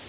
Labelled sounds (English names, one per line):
Pine Warbler flight call